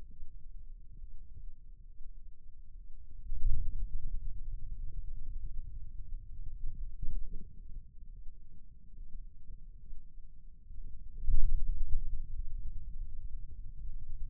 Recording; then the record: forearm muscle sounds (acoustic myography)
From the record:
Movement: ulnar deviation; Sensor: system 2, bracelet of six BSWA MPA416 microphones around the upper forearm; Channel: 6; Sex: male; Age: 22 years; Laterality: right